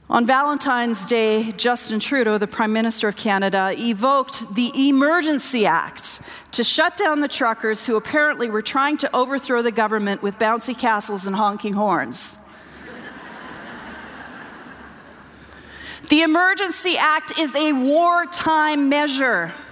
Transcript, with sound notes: On Valentine’s Day, Justin Trudeau, the Prime Minister of Canada evoked the Emergency Act to shut down the truckers who were apparently trying to overthrow the government with bouncing castles and honking horns. (laughter) The Emergency Act is a wartime measure.